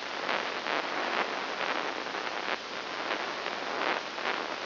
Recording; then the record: brain microelectrode recording played as sound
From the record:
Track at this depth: inside the subthalamic nucleus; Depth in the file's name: 3.902 mm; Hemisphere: left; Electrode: 3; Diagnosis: Parkinson's disease